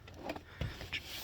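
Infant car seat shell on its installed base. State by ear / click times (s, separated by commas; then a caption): released / 0.9 s. Someone squeezes the carry handle release on a Nuna Pipa Urbn infant car seat clipped into its installed base, producing several latch sounds with the loudest at 0.9 s. The indicator turns red, showing the seat has released and is ready to lift off the base.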